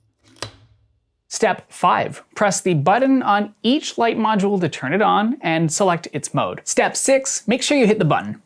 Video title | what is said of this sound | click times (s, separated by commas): BE SEEN AT NIGHT: Redshift Arclight PRO Review (ft. co-founder interview) | You should hear a magnetic click. | 0.4 s